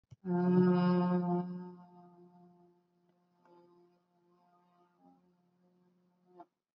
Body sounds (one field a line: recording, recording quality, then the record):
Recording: sustained vowel as in made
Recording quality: excellent, no background noise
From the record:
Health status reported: COVID-19 positive, mild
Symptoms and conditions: cough, sore throat, fever, fatigue, hypertension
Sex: female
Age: 47 years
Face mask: not worn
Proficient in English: yes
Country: India